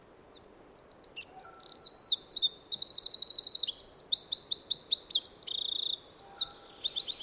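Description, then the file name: Eurasian wren song: a loud, rapid outpouring of high, sharp notes and fast rattling trills, running about seven seconds without pause. "krapivnik"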